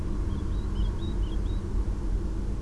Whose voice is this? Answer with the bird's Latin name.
Sylvia atricapilla